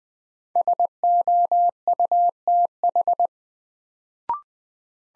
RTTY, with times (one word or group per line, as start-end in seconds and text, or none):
none